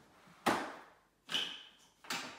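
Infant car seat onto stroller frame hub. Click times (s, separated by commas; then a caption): 1.3 s. An infant car seat is placed onto the frame hub of an Orbit Baby G5 stroller, giving a sharp knock at about 0.5 s. It clips into place at 1.3 s with a crisp click and a brief ringing tone. A final knock follows at about 2.1 s, and the seat is confirmed seated on the hub.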